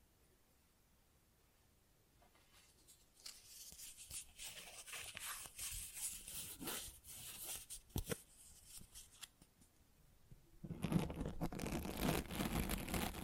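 Mic scratching that begins after a near-silent first three seconds, then comes as dense, uneven rubbing and scraping with sharp clicks around eight seconds. Near eleven seconds it turns louder and fuller, a steady hard scratching that carries to the end.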